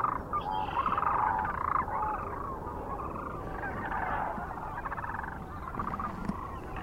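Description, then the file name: Sandhill cranes calling, a dense chorus of overlapping rolling, rattling calls that keeps going throughout. Recorded near Kearney, Nebraska, on 9 March 2004. "2004-03-09 SACRandmore B Kearney NE"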